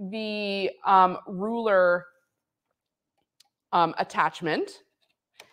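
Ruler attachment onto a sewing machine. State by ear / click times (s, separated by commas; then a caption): seated / 5.4 s. Someone talks while sliding a ruler foot attachment onto a Janome Continental M8 sewing machine, and after a pause a short, sharp click is heard at 5.4 s. The attachment clicks into place and is seated, sliding on easily.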